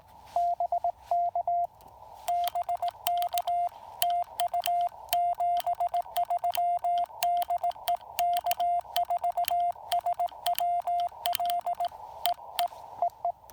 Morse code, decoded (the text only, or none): BK BK TU 73 DE K4SWL EE EE